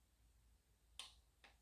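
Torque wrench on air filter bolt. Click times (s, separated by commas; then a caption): 1.0 s. A torque wrench ratchets the final air cleaner bolt on a Harley-Davidson during air filter maintenance, with a low hum underneath. The wrench gives a sharp click at 1.0 s as it reaches its torque setting, and a fainter click follows at 1.5 s. The bolt is confirmed torqued.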